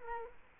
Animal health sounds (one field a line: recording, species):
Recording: mosquito wingbeat signal from an infrared sensor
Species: Culex quinquefasciatus